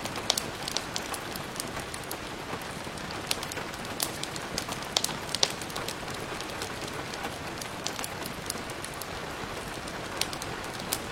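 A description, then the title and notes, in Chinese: Steady rain patters across the whole clip in a dense, even hiss. Sharp bright crackles and pops cut through it irregularly, several times a second, like a fire burning, with a few louder snaps standing out. 淅淅沥沥的雨声和火焰燃烧声。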